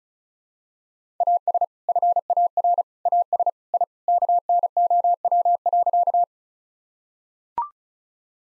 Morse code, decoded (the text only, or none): AS FAR AS I KNOW.